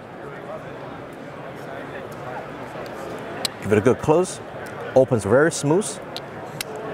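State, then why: Seated. A large folding knife with a back lock is opened by hand over steady background noise while someone talks. The back lock engages on the open blade with a solid click at 6.6 s, locking it in place.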